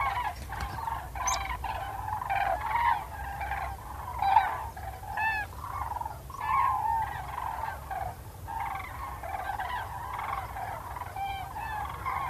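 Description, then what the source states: Common cranes trumpeting together: many rolling, horn-like calls overlapping in a continuous chorus, swelling and fading, with a few sharper high notes. Cranes departing on autumn migration, to return in spring; the crane's voice has a rolling R sound, unlike a swan's trumpeting.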